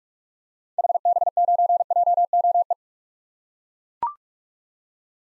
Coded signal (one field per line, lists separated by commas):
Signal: Morse code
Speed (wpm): 42 wpm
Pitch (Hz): 700 Hz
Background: none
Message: HB9JOE